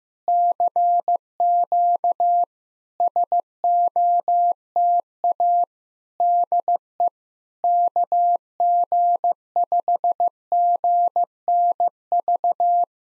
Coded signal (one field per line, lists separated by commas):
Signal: Morse code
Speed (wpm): 15 wpm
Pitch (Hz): 700 Hz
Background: none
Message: CQ SOTA DE KG5GNV